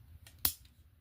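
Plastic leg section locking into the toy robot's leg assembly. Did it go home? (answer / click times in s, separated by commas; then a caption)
yes / 0.4 s. A plastic leg section of a 2006 Transformers Universe Energon Constructicon Maximus (Devastator) combiner toy robot is flipped forward into the leg assembly during transformation. A faint plastic tick at 0.3 s leads to a sharp, loud snap at 0.5 s, followed by a softer tick at 0.7 s over a low background hum. The leg section locks into place.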